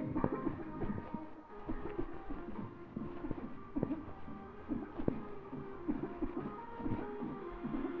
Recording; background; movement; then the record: voluntary coughing; music; walking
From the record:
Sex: female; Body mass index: 36.4 kg/m2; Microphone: on the chest, facing the body